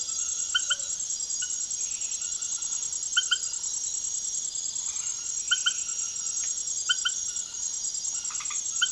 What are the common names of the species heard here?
Tropical Screech-Owl